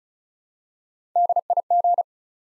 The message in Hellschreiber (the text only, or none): none